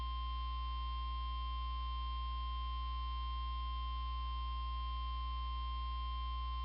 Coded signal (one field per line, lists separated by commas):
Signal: Emergency Alert System (SAME) tones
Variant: 1050 Hz attention tone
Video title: [EAS #20] Special Marine Warning 31-8-2016